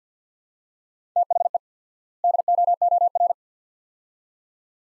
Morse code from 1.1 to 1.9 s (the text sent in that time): THE